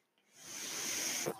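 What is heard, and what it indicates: Steady airy hiss building over about a second, then a soft thump: a home mechanical ventilator delivering a breath.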